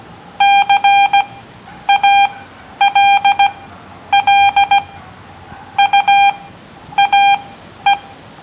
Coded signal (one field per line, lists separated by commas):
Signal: Morse code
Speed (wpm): 15 wpm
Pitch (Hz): 800 Hz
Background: none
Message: CALL UA E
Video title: CW Ops in the park with special guest WB4MNK